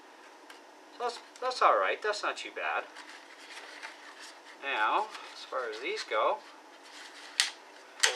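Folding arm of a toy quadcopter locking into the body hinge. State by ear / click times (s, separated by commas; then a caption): seated / 7.4 s, 8.0 s. Someone talks while handling a plastic toy quadcopter, then pulls its folding arms out. Two sharp clicks at 7.4 s and 8.0 s mark the arms snapping open and locking into place in the body hinge.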